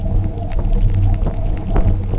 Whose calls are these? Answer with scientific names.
none